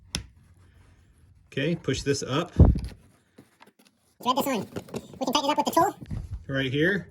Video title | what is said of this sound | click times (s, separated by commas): MC4 Connector Secrets: Make Perfect Solar Wires Every Time! | the male is the bigger one push it until it clicks | 0.2 s